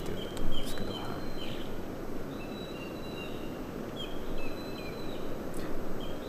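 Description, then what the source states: Eurasian jay repeating thin level whistles with small steps in pitch, several phrases, over steady low background rumble. Several individuals calling from the same spot; a 'pii' whistle, not a constant call of the species and possibly not simple mimicry.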